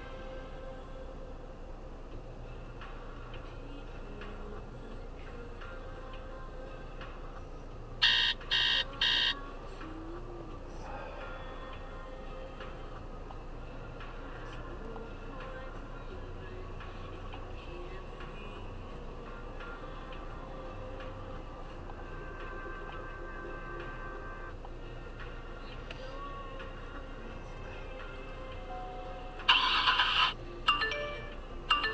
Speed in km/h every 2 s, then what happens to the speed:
0, 0, 0, 0, 0, 0, 0, 0, 0, 0, 0, 0, 0, 0, 0, 0.
0-32 standing.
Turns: none.